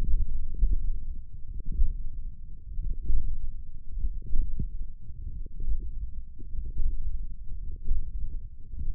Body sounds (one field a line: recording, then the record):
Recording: forearm muscle sounds (acoustic myography)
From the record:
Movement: hand closing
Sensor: system 1, eight BSWA MPA416 microphones around the upper forearm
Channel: 5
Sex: female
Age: 20 years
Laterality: right